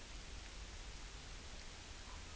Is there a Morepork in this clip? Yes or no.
no